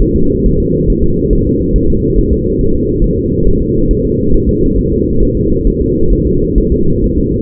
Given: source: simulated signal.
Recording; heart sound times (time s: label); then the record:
fetal heart sounds
0.02 s: S1
0.16 s: S2
0.46 s: S1
0.60 s: S2
0.90 s: S1
1.04 s: S2
1.33 s: S1
1.47 s: S2
1.76 s: S1
1.90 s: S2
2.19 s: S1
2.33 s: S2
2.61 s: S1
2.75 s: S2
3.04 s: S1
3.18 s: S2
3.48 s: S1
3.62 s: S2
3.91 s: S1
4.05 s: S2
4.35 s: S1
4.49 s: S2
4.79 s: S1
4.93 s: S2
5.23 s: S1
5.37 s: S2
5.67 s: S1
5.82 s: S2
6.12 s: S1
6.27 s: S2
6.58 s: S1
6.72 s: S2
7.04 s: S1
7.18 s: S2
From the record:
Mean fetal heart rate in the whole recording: 135 bpm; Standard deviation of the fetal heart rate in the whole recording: 3 bpm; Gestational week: 36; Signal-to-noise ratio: -16.4 dB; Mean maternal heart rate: 72 bpm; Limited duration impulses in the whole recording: present